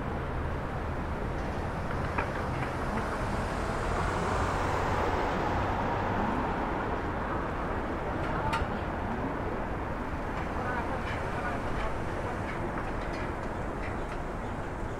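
Steady city hum from a Brooklyn rooftop over Starr Street and Irving Avenue, facing Maria Hernandez park. Low traffic rumble fills the whole clip, with a passing vehicle swelling around the middle and brief clicks and faint voices scattered throughout.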